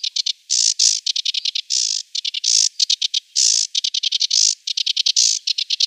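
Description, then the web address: Sedge warbler song: harsh, grating phrases alternating with bursts of fast ticking notes, delivered nonstop in a restless, varied stream. "Schulze Peter Sedge Warbler"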